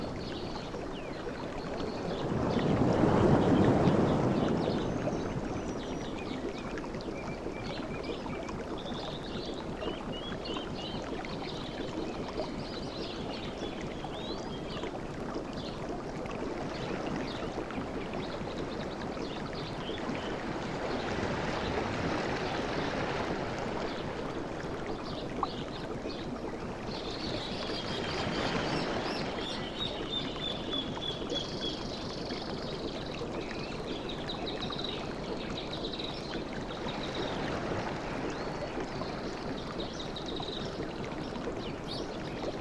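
Outdoor forest ambience with a steady low wash like water, a loud swell near the start, and faint bird chirps scattered throughout.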